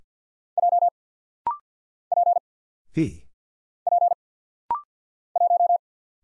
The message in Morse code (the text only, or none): J P P 1